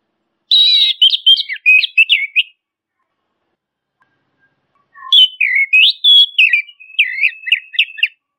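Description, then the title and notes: Orange-headed thrush song: two long phrases of rapid repeated whistled notes and choppy trills, full and loud, with a pause of about two and a half seconds between them. Training recording of song used for tutoring birds. "punglor kembang. Masteran Anis Kembang"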